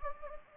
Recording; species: mosquito wingbeat signal from an infrared sensor; Anopheles gambiae